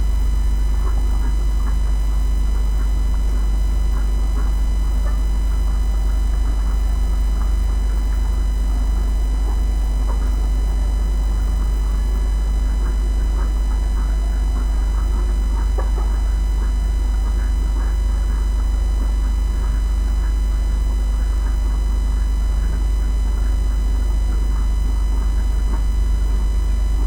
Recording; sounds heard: poultry house recording; sick chickens (respiratory disease)